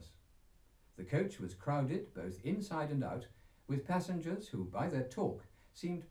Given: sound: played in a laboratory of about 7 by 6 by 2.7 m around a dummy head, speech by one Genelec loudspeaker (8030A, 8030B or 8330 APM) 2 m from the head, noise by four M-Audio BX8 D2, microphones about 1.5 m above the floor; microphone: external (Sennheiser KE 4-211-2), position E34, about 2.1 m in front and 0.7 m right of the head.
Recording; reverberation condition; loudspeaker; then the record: male speech in English; low; 120 degrees to the right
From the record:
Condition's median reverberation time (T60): about 310 ms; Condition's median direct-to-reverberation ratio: about 3.5 dB